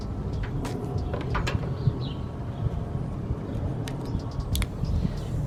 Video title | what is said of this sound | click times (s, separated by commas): I MADE A MISTAKE…. | clicks right in and | 4.6 s